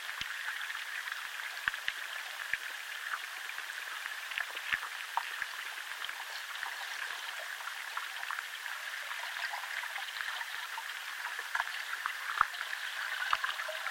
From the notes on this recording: The mysterious sounds of underwater life, here recorded in a chalk river in southern England